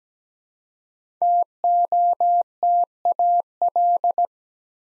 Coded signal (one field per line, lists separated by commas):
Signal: Morse code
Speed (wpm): 17 wpm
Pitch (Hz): 700 Hz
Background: none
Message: TOTAL